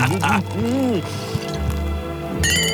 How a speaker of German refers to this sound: Darauf lass uns eine Flasche Piccolo öffnen. Super Idee, komm, mach auf.